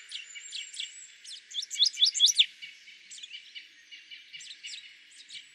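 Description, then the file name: Common chaffinch, a rapid run of short bright chirps that swells in the middle and then thins to scattered notes. "Fringilla coelebs"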